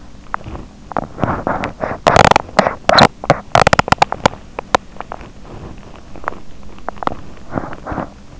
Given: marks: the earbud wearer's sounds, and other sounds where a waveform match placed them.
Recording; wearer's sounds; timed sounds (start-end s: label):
sounds in sleep by an in-ear microphone; teeth grinding
0.05-8.40 s: teeth grinding